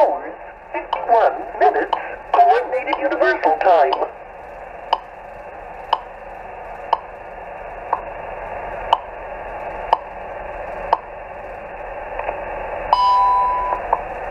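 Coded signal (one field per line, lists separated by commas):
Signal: radio time signal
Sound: brief radio speech, then sharp ticks once a second, then a longer tone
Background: radio static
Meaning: The ticks mark each second, and the longer tone marks a time reference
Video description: Time signals are used to correct vessel chronometer time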